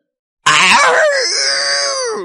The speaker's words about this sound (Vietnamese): Yêu Lan phát ra một cái tiếng gào thét phẫn nộ, mở ra cái miệng lớn đầy răng nhọn trắng hiếu hướng phía Bùi Lan hung hăng cắn xuống một cái.